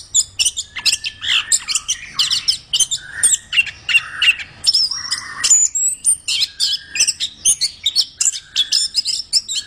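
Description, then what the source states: Orange-headed thrush in energetic song, dense high twittering and trilled phrases interspersed with rising and falling whistled notes. Described as 'gacor', singing vigorously and continuously.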